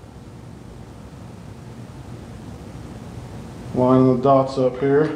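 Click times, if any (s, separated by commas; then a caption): none. A metal Fotasy Canon EF-to-M43 lens adapter is held against the bayonet mount of a Sigma 70-300mm EF telephoto lens while its alignment dots are lined up before it is turned on. A steady low hiss fills the first few seconds, then someone talks from about 3.8 s to the end. Nothing has seated or clicked yet.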